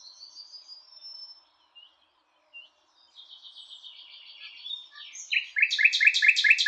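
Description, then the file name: Common nightingale song: soft thin whistles and a long, quiet buzzy phrase, then a loud fast repeated trill at the end. "Luscinia megarhynchos"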